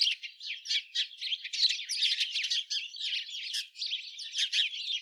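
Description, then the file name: House sparrow chatter: an unbroken stream of overlapping shrill chirps and squeaks, steady and busy throughout, with no other sounds. "Passer domesticus"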